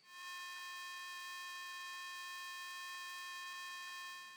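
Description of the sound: Synthesized sound simulating tinnitus: a steady, constant buzzing made of stacked high-pitched tones over a faint hiss, unchanging throughout.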